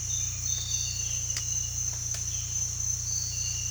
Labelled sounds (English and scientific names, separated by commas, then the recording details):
none
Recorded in dense forest near Puerto Asís, Putumayo, Colombia, on 18 December 2024 at 06:00
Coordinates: 0.467, -76.328
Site GP05